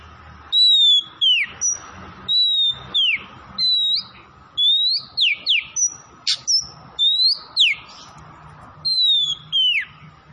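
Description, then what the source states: Oriental magpie-robin song, repeated phrases of a clear whistle followed by downward-sweeping notes, steady and loud throughout, with a faint background hum. Kacer from Tretes, singing vigorously (gacor).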